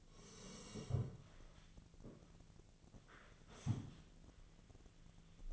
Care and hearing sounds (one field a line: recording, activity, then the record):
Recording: daily activity, microphone in the room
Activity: sit down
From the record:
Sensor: 4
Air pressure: 1001.2 hPa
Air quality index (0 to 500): 182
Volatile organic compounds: 2 ppm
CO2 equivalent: 1302 ppm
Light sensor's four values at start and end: 15/35/15/15 and 15/36/15/15